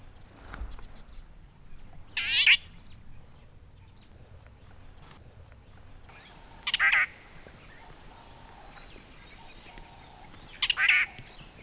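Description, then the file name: Crimson-breasted shrike giving three short, harsh, rasping calls spaced about four seconds apart. "Laniarius atrococcineus calls"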